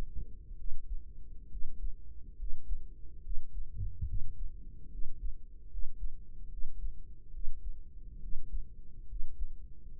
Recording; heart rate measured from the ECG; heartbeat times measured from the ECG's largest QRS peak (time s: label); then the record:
heart sounds by microphone in the right ear; 70 bpm
0.53 s: heartbeat
1.46 s: heartbeat
2.34 s: heartbeat
3.19 s: heartbeat
4.03 s: heartbeat
4.87 s: heartbeat
5.66 s: heartbeat
6.46 s: heartbeat
7.29 s: heartbeat
8.17 s: heartbeat
9.04 s: heartbeat
9.90 s: heartbeat
From the record:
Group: healthy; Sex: female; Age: 23 years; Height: 160 cm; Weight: 50.4 kg